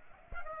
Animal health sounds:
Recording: mosquito wingbeat signal from an infrared sensor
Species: Aedes aegypti

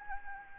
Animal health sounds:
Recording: mosquito wingbeat signal from an infrared sensor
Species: Anopheles arabiensis

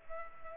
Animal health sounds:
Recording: mosquito wingbeat signal from an infrared sensor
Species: Culex pipiens

